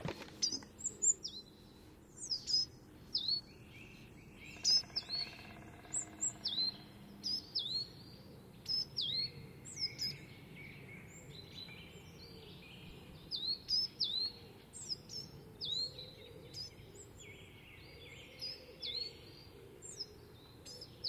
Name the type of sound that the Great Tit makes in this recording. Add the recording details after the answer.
call. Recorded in the wild. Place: Kaiserslautern, Rheinland-Pfalz, DE. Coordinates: 49.26, 7.45. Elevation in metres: 206. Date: 1977-03-08. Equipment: Nagra IV, Sennheiser MKH 405, Parabolreflektor. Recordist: Tretzel, Erwin. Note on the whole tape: Höhe Stelzenberg, Fuchsenholz, Distr. X, 2a. Kohlmeise "vi-tui"-Serie